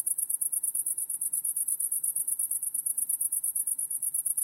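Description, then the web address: Crickets chirping in a bright, high trill of rapid, evenly spaced pulses, steady from start to finish. Crickets; wide stereo recording. "lynne-publishing Crickets Wide Stereo"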